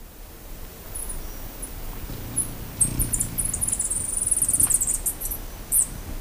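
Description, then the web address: Velvet-purple coronet calls: very high, thin chips that build into a rapid twittering run, then a last sharp note. A low rumble runs underneath. Ecuador. "Birds of Ecuador. Velvet-purple Coronet"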